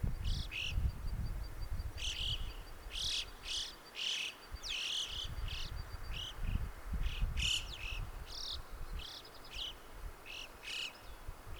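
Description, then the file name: Alpine chough contact calls: high-pitched notes repeated irregularly over a steady low rumble. "Alpendohle Stimmruf"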